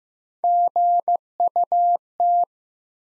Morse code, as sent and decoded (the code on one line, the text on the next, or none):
--. ..- -
GUT